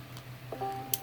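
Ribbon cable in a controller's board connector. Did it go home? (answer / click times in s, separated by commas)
released / 0.9 s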